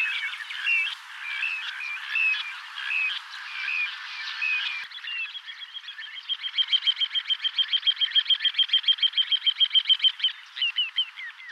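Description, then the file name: Little ringed plover calls: several short piping notes, then a rapid, even trill of repeated high notes lasting about four seconds, followed by several single calls. "Petit gravelot"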